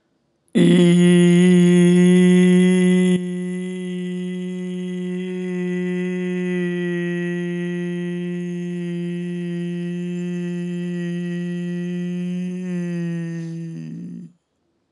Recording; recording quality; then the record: sustained vowel as in beet; excellent, no background noise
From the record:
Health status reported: healthy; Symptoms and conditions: breathing difficulty, diabetes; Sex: male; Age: 52 years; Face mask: not worn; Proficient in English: yes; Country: India